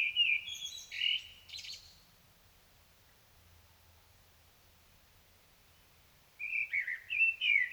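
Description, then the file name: Common blackbird song fragments: a fluty note with high scratchy twitter at the start, several seconds of near silence, then another mellow warbled phrase begins. "Turdus merula"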